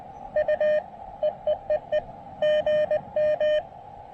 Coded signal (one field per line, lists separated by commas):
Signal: Morse code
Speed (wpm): 20 wpm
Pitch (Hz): 590 Hz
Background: none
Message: U EEEE GM